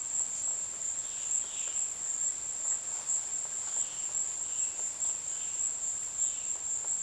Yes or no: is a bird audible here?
no